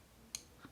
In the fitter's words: you know just that last tiny little bit you know slaps right into place